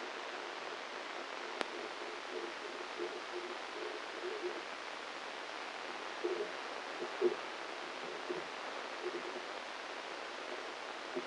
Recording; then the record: brain microelectrode recording played as sound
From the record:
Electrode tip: inside the subthalamic nucleus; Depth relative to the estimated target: 5 mm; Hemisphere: right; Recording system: NeuroSet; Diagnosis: Parkinson's disease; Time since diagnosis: 9 years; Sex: male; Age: 56 years